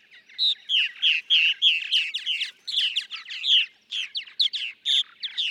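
Purple martin song: rapid run of bright chirping notes, about three per second, with hardly a break.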